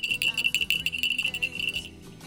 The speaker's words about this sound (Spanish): No tenemos campanas en esta sede, pero sí cascabeles.